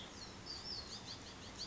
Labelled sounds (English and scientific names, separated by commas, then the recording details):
Western Tanager (Piranga ludoviciana)
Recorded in Sonoma County, California